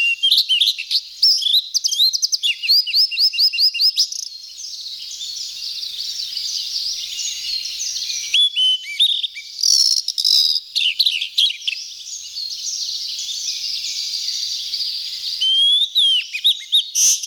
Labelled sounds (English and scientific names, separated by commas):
Blue-and-white Flycatcher (Cyanoptila cyanomelana) song